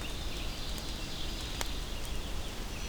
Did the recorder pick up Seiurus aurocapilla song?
yes